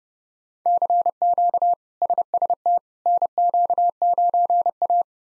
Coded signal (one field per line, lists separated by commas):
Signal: Morse code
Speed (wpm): 30 wpm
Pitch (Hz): 700 Hz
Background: none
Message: CQ SST NQ9A